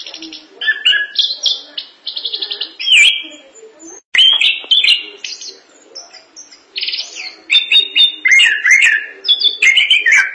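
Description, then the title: Thrush song of repeated rapid trills and bright whistled slurs, briefly pausing near the middle before bursting into varied, jumbled phrases. "burung anis"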